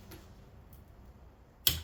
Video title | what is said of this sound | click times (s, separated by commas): Tuto : Changement joint spy bandit 600 | voilà, clac. | 1.7 s